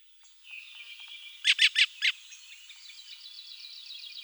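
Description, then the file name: Black-throated thrush calls: four loud harsh notes in quick succession, with a faint high pulsing trill in the background and soft hiss. "Drozd chernozobyj"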